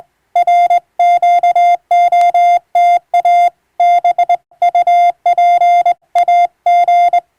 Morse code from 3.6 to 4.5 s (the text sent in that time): B